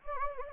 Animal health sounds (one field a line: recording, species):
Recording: mosquito wingbeat signal from an infrared sensor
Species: Anopheles gambiae